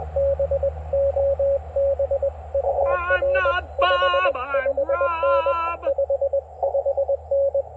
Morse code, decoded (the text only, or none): BOB UR 55N 55N